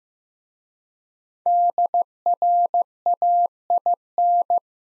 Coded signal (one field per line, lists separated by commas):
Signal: Morse code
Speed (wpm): 15 wpm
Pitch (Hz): 700 Hz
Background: none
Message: DRAIN